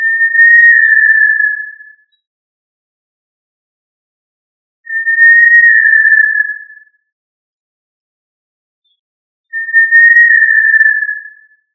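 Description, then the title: Tinamou call: three long, pure, level whistles, each about two seconds and sagging slightly at the end, with silent gaps of roughly three seconds between them. "Familia Tinamidae - Quail - Puyuh"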